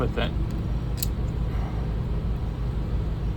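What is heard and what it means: Someone talks while tightening the pivot screw of a left-handed shear whose clicker plate was installed upside down, over a steady low rumble with one brief sharp tick near 1.0 s. The screw tightens without the expected detent clicks, so nothing has clicked.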